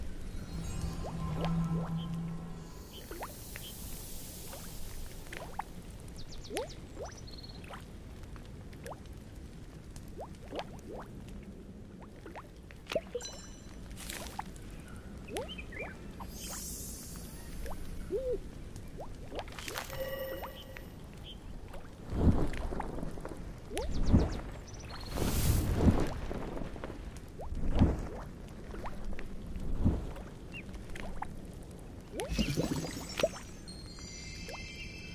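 Magical sound effects over a low steady hum: a soft whooshing shimmer near the start, scattered small clinks and taps, and wet bubbly, pouring sounds. After about twenty seconds the events grow louder and denser, with sharp sparkling bursts around 25 and 32 seconds.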